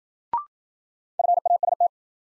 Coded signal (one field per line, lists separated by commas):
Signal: Morse code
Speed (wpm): 53 wpm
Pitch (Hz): 700 Hz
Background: none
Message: FAST